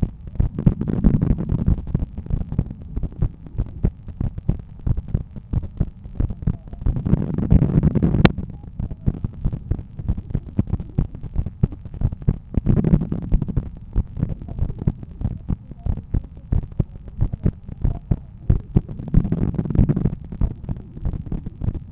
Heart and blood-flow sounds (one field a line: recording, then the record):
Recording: heart sounds by stethoscope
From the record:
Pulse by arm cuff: 93 bpm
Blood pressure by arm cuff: 145/88 mmHg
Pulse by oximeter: 95 bpm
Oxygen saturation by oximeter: 96%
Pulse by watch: 103 bpm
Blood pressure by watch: 128/84 mmHg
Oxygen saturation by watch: 97%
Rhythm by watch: sinus rhythm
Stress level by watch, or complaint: low stress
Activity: after 5 min smoking and 1 beer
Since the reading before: plus 400 steps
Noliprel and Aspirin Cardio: no pills today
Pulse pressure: 57 mmHg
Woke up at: 7:30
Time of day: 17:50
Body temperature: 36.4 C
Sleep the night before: 9 h 22 min, score 68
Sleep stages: REM 22%, light 66%, deep 4%, awake 8%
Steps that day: 11800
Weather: sunny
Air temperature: 21 C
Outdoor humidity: 65%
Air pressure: 1014 hPa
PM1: 4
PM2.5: 6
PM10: 8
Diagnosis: hypertension, treated with Noliprel and Aspirin Cardio 100 mg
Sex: male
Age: 53 years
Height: 174 cm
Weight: 81 kg